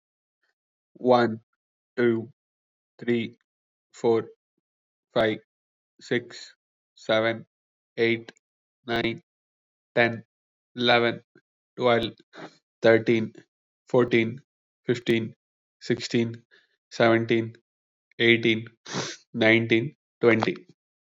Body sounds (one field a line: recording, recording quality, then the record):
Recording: counting at a normal pace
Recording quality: excellent, no background noise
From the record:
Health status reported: respiratory illness, not identified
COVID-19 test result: negative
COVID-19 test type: RT-PCR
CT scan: not taken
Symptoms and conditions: cold, sore throat, fatigue, asthma, another condition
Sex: male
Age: 25 years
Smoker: no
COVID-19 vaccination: none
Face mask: not worn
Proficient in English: yes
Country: India